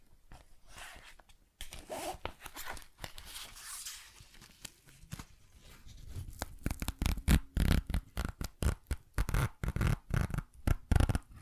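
Tapping, scratching and zipper-like sounds form a busy run of dry, crisp clicks and rasps. The first half is quieter and more scratchy, with brief swishes; from about six seconds sharper, louder taps arrive in quick, fairly regular bursts with a dull low thump beneath.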